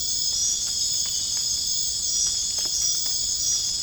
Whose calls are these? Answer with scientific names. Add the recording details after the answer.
none. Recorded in dense forest near Puerto Asís, Putumayo, Colombia, on 27 June 2025 at 23:00. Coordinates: 0.481, -76.323. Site G072